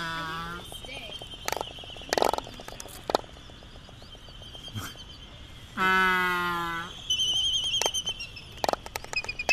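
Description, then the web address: Laysan albatross moaning calls, two low nasal groans, mixed with loud clacks and a burst of high chattering. "wroblowe ptaki phoebastria immutabilis"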